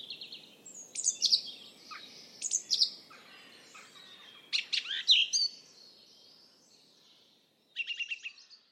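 Bird calls, fairly soft: clusters of quick high chirps and a brief rapid trill, with steady background hiss.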